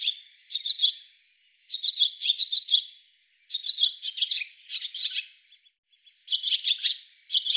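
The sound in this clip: Bird calls in a series of high chirping bursts, several groups of rapid notes separated by brief pauses.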